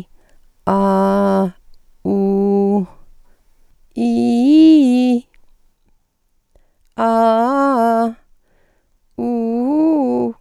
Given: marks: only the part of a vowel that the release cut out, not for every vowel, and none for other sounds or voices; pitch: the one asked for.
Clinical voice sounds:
sustained vowels; female; 60 to 69 years; 2; 2; 0
0.71-1.42 s: vowel /a/, low pitch
2.12-2.76 s: vowel /u/, low pitch
4.03-5.10 s: vowel /i/, low-high-low pitch
7.05-8.02 s: vowel /a/, low-high-low pitch
9.28-10.22 s: vowel /u/, low-high-low pitch
From the record:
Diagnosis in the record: phonasthenia (vocal fatigue), psychogenic dysphonia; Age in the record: 60 years

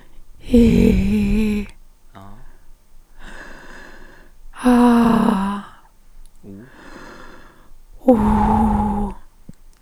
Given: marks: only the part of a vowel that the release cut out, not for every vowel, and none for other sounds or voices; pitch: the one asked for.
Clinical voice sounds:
sustained vowels; female; 50 to 59 years; 2; 0; 2
0.56-1.51 s: vowel /i/, low pitch
4.69-5.53 s: vowel /a/, low pitch
8.16-9.05 s: vowel /u/, low pitch
From the record:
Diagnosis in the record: recurrent laryngeal nerve paralysis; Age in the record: 54 years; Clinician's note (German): Strumiprive, beidseitig, alte rechts, hier excavierte Stimmlippe, links keine Restbeweglichkeit, Stridor

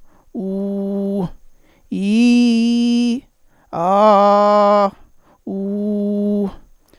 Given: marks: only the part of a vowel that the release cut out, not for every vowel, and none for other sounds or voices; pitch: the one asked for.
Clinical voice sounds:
sustained vowels; male; 40 to 49 years; 0; 0; 0
0.41-1.19 s: vowel /u/, low pitch
2.02-3.12 s: vowel /i/, low-high-low pitch
3.81-4.82 s: vowel /a/, low-high-low pitch
5.53-6.43 s: vowel /u/, low-high-low pitch
From the record:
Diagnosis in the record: contact pachydermia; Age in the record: 46 years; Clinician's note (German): Kontaktpachydermie ohne "Kontaktpachydermie", Verdacht auf Reflux

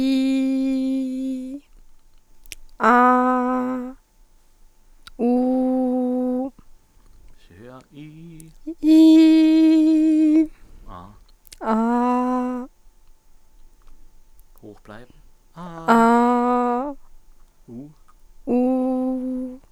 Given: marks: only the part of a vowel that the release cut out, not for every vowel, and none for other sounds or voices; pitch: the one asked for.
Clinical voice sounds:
sustained vowels; female; 20 to 29 years; 0; 0; 0
0.00-0.97 s: vowel /i/, normal pitch
2.96-3.76 s: vowel /a/, normal pitch
5.33-6.38 s: vowel /u/, normal pitch
9.28-9.95 s: vowel /i/, high pitch
15.99-16.81 s: vowel /a/, high pitch
18.53-19.18 s: vowel /u/, high pitch
From the record:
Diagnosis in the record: healthy voice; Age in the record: 21 years

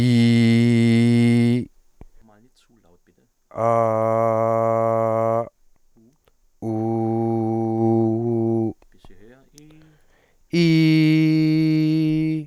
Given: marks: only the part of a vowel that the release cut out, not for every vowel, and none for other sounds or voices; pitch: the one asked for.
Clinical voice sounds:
sustained vowels; male; 20 to 29 years; 0; 0; 0
0.00-1.52 s: vowel /i/, normal pitch
3.65-5.28 s: vowel /a/, normal pitch
6.70-8.61 s: vowel /u/, normal pitch
10.67-12.32 s: vowel /i/, high pitch
From the record:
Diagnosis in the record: healthy voice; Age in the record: 27 years

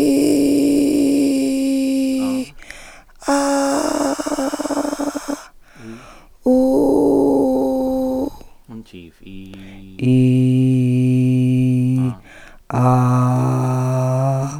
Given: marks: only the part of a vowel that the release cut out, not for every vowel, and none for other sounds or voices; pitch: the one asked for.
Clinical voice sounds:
sustained vowels; female; 50 to 59 years; 3; 2; 3
0.37-2.17 s: vowel /i/, high pitch
3.42-5.07 s: vowel /a/, high pitch
6.61-8.13 s: vowel /u/, high pitch
10.20-11.90 s: vowel /i/, low pitch
12.96-14.30 s: vowel /a/, low pitch
From the record:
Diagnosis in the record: dysphonia, Reinke's edema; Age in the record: 52 years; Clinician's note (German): Beidseitiges Ödem mit hyperfunktioneller unvollständiger Kompensation

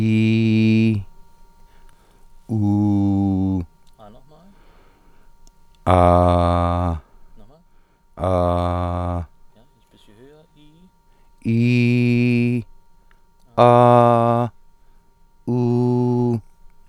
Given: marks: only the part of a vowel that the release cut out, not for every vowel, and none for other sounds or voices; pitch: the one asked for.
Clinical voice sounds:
sustained vowels; male; 40 to 49 years; 0; 0; 0
0.00-0.88 s: vowel /i/, normal pitch
2.58-3.51 s: vowel /u/, normal pitch
5.97-6.87 s: vowel /a/, normal pitch
11.52-12.53 s: vowel /i/, high pitch
13.71-14.41 s: vowel /a/, high pitch
15.51-16.31 s: vowel /u/, high pitch
From the record:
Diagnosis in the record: healthy voice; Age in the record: 45 years

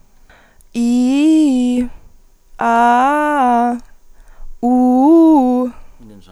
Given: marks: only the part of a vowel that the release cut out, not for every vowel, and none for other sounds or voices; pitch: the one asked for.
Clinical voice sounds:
sustained vowels; female; 20 to 29 years; 0; 0; 0
0.80-1.73 s: vowel /i/, low-high-low pitch
2.66-3.70 s: vowel /a/, low-high-low pitch
4.69-5.60 s: vowel /u/, low-high-low pitch
From the record:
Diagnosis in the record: healthy voice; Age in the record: 21 years

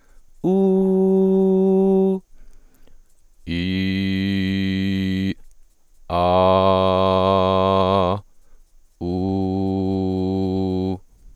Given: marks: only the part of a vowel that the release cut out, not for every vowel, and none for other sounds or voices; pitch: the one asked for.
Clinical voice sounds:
sustained vowels; male; 20 to 29 years; 0; 0; 0
0.63-2.02 s: vowel /u/, high pitch
3.68-5.25 s: vowel /i/, low pitch
6.57-8.05 s: vowel /a/, low pitch
9.19-10.83 s: vowel /u/, low pitch
From the record:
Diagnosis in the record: healthy voice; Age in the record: 26 years

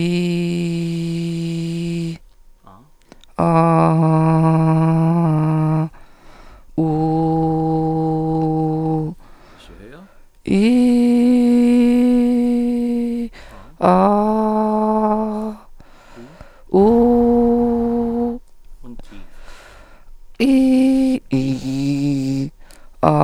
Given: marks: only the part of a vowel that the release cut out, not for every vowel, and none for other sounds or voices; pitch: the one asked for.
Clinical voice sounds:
sustained vowels; female; 30 to 39 years; 2; 2; 2
0.00-1.88 s: vowel /i/, normal pitch
4.06-5.06 s: vowel /a/, normal pitch
10.77-12.01 s: vowel /i/, high pitch
21.69-22.39 s: vowel /i/, low pitch
From the record:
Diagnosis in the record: Reinke's edema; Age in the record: 34 years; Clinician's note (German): Zustand nach Stütze, leichte Rötung und Schwellung, sehr unregelmäßiges Schwingungsbild

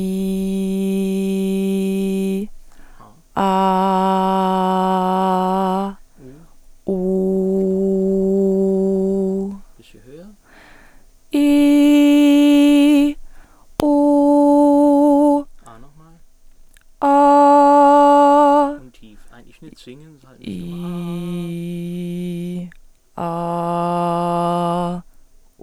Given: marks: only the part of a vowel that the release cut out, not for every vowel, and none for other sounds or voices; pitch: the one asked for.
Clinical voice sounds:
sustained vowels; female; 20 to 29 years; 1; 1; 0
0.00-1.96 s: vowel /i/, normal pitch
3.73-5.64 s: vowel /a/, normal pitch
7.17-9.12 s: vowel /u/, normal pitch
21.48-22.41 s: vowel /i/, low pitch
23.36-24.89 s: vowel /a/, low pitch
From the record:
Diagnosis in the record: dysodia (singing voice disorder); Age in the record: 21 years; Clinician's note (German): Beginnende Phonationsverdickung, links größer rechts

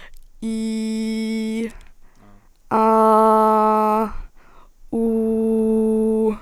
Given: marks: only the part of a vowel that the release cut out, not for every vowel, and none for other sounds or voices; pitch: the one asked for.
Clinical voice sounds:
sustained vowels; female; 18 to 19 years; 0; 0; 0
0.54-1.54 s: vowel /i/, low pitch
2.87-3.90 s: vowel /a/, low pitch
5.13-6.20 s: vowel /u/, low pitch
From the record:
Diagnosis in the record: healthy voice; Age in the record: 19 years

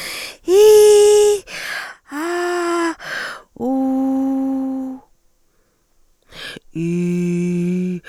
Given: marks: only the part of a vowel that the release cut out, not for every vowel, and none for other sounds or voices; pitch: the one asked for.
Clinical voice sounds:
sustained vowels; female; 30 to 39 years; 2; 1; 2
0.58-1.28 s: vowel /i/, high pitch
2.23-2.86 s: vowel /a/, high pitch
3.71-4.79 s: vowel /u/, high pitch
6.84-7.87 s: vowel /i/, low pitch
From the record:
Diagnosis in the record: dysarthrophonia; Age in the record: 39 years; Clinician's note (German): Posttraumatisch, Trachealstenose

